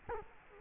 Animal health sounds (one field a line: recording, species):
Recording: mosquito wingbeat signal from an infrared sensor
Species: Culex quinquefasciatus